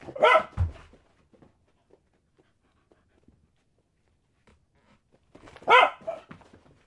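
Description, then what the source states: Dog barking: a loud bark at the start, quiet shuffling, then another loud bark near the end. Dog barking while playing fetch.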